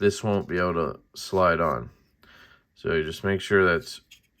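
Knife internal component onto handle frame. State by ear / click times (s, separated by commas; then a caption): not seated / none. A Reate EXO-M folding knife is being reassembled, with an internal component held flush inside the metal handle frame so another part can slide over it and snap on. Someone talks throughout, and there are only faint handling sounds. Nothing has seated or clicked yet.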